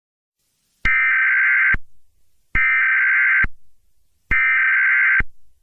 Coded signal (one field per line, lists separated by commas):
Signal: Emergency Alert System (SAME) tones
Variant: header bursts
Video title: EAS test fail